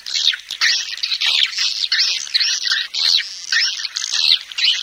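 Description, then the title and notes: Swiftlet calls, continuous shrill twittering chatter, rising and falling in loudness every second or so. Swiftlet farming sound, Asia. "Swiflet Bird Sound. Farming Swiflet Bird asia sound"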